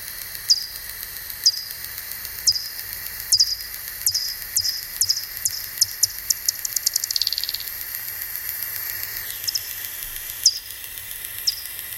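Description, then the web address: Bat echolocation calls, rendered audible, as sharp downward-sweeping clicks about once a second, with a quick burst of rapid clicks in the middle, over a steady hiss. Listening example of bat calls. "fledermaus hoerbeispiele-fledermausrufe fledermausruf"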